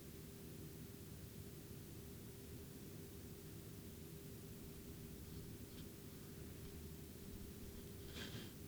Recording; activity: daily activity, guitar pickup as the sensor; lie down